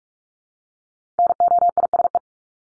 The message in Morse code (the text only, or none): NOISE